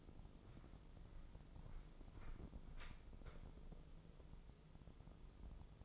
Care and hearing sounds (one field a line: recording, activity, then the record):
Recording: daily activity, microphone in the room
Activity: walk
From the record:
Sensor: 5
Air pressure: 996.0 hPa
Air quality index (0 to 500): 249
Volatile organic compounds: 543 ppm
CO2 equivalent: 4873 ppm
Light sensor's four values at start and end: 208/499/212/233 and 208/498/211/233